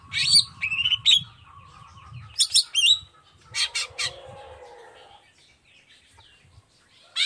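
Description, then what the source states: Long-tailed shrike giving sharp whistled notes and a few harsh bursts, then near silence before a final note. Chatty (gacor) long-tailed shrike singing in the morning with the 'toet toet' variation; clear voice, full variation, easy for any shrike to imitate.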